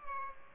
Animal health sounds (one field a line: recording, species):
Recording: mosquito wingbeat signal from an infrared sensor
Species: Culex pipiens